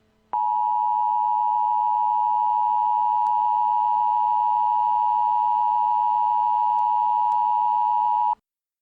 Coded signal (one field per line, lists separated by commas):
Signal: Emergency Alert System (SAME) tones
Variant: 853 and 960 Hz attention tone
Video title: EAS Scenario #15 - The Moon is Falling: Redone Edition